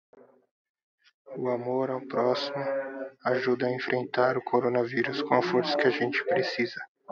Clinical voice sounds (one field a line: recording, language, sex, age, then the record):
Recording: spoken sentence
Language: Brazilian Portuguese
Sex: male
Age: 20 to 29 years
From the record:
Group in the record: control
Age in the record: 26 years